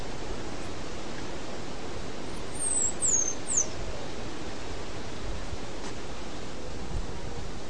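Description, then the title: Half-collared sparrow song: a short burst of three very high, thin, downslurred notes midway, against a constant hiss. "LuckyPassaro Completos2Sama. Half-collared Sparrow (Arremon semitorquatus)"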